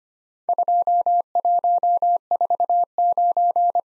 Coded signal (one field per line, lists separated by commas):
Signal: Morse code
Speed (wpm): 25 wpm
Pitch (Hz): 700 Hz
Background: none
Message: 2149